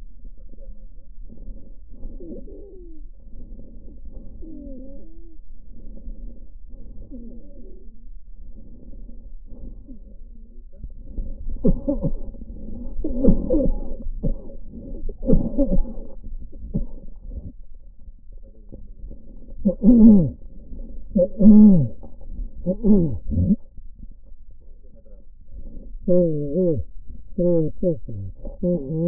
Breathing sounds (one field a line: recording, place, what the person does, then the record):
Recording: lung sounds by stethoscope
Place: left posterior basal chest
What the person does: quiet breathing, then cough and speech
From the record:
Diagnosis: COPD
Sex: male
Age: 75 years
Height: 182 cm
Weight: 98 kg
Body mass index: 29.6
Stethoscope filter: diaphragm mode